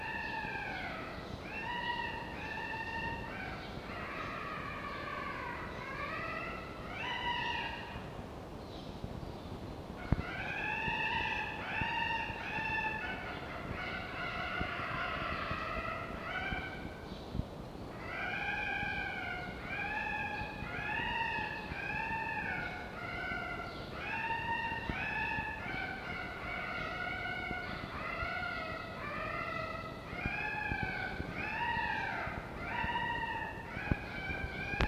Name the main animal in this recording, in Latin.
Vulpes vulpes